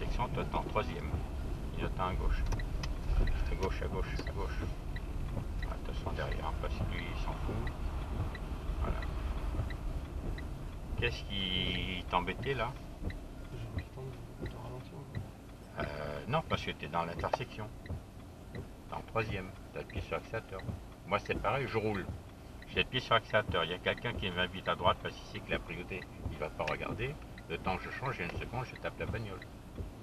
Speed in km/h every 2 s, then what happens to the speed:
20, 19, 19, 19, 16, 10, 3, 0, 0, 0, 0, 0, 0, 0, 0.
0-8 steady at about 19. 8-13 slows to 0. 13-30 standing.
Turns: none.